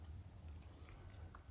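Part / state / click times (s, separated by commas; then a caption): spark plug wire boot onto spark plug in engine head / not seated / none. A rubber spark plug wire boot with dielectric grease inside is pushed straight down onto the spark plug terminal in the head of a small block Chevrolet engine. Only a steady low hum and faint handling rustle are heard. Nothing has seated or clicked yet.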